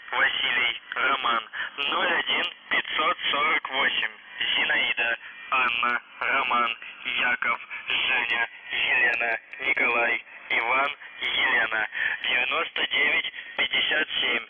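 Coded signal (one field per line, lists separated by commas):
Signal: numbers station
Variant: UVB-76 voice message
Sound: a male voice reading short words over narrow-band radio, with brief pauses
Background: radio static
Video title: The Buzzer/UVB-76(4625Khz) June 3, 2021 12:18UTC Voice message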